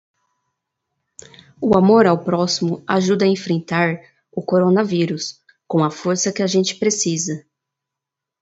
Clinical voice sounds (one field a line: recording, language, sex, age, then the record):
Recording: spoken sentence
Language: Brazilian Portuguese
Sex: female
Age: 20 to 29 years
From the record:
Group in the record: control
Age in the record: 26 years